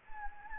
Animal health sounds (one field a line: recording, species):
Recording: mosquito wingbeat signal from an infrared sensor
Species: Anopheles gambiae